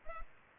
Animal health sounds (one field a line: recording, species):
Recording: mosquito wingbeat signal from an infrared sensor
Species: Culex pipiens